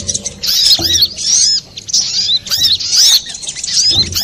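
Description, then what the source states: Little spiderhunter giving quick groups of high, shrill, looping chirps with brief breaks between them. Master recording for training cage birds; Indonesian name sogok ontong, labelled Labaik.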